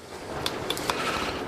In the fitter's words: when you close this this is not closed you have to make sure both sides are snap so you don't get moisture in into this product